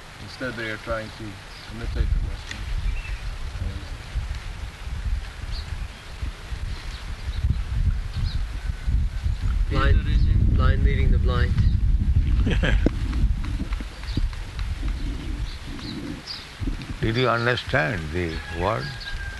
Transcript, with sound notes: Instead, they are trying to imitate the West.
Blind leading the blind.
[laughs] Yes. Did you understand the words,